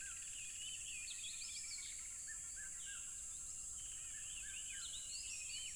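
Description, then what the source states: Crickets keep up an unbroken high drone while birds chatter and whistle. Loud crickets along a tropical river.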